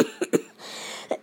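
An adult gives a quick run of three short, dry coughs, then a brief pause and a fourth softer cough. The cough is slowly going away and is being treated with an inhaler.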